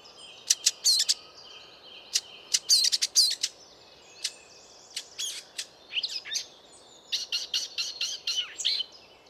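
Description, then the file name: Eurasian blackcap calls: hard clicking 'tac' notes, singly and in quick runs, with some scratchy chatter mixed in. "Sylvia atricapilla"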